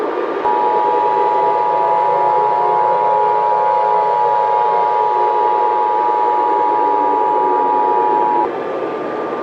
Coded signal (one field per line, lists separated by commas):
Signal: Emergency Alert System (SAME) tones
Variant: 853 and 960 Hz attention tone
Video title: EAS MOCK | Unexpected Explosions.